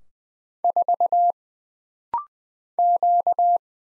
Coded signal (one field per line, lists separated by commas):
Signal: Morse code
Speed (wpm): 20 wpm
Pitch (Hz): 700 Hz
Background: none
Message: 4 Q